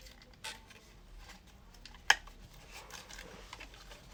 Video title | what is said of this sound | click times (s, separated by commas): Brief unboxing | figure it out yep it just snaps back in | 2.1 s